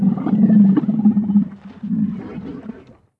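Camel mating call, a deep rumbling grunt held for about three seconds, gurgling and rough, fading at the end.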